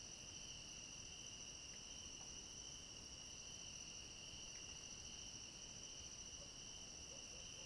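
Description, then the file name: Crickets in chorus, a steady unbroken high trill holding two bright pitch bands throughout, with a soft hiss of background noise underneath. Chorus of crickets at night. "Coro de grilos a noite com cachorro longe"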